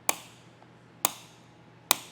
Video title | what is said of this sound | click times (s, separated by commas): etrailer - Yakima TimberLine Roof Rack Kit Installation Guide - 2024 Mercedes-Benz GLE | And the way you're going to be able to tell this is tightened down all the way is, again, you're going to hear that click, | 0.1 s, 1.1 s, 1.9 s